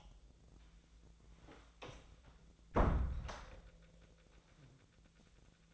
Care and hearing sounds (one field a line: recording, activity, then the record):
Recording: daily activity, microphone in the room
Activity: close door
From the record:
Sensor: 3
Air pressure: 1000.4 hPa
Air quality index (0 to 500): 172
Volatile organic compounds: 3 ppm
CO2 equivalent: 1494 ppm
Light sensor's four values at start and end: 13/32/13/14 and 13/32/13/14